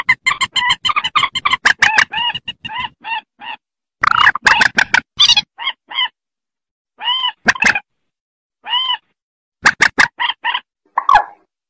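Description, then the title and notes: Rail starting with a fast run of nasal honking notes, then slowing to spaced, arched trumpeting calls, with sharp clicks mixed in. "Kicau Burung Mandar"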